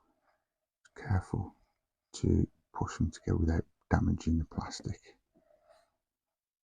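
Someone talks while two plastic parts of a Titanic scale-model crane are being pushed together by hand or with pliers, working the pin joint carefully so as not to damage the plastic. The clip ends before the pin goes home, and nothing has seated or clicked into place yet.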